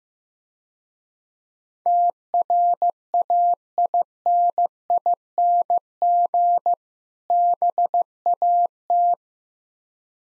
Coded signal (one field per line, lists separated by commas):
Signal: Morse code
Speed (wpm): 15 wpm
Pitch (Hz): 700 Hz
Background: none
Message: TRAINING BAT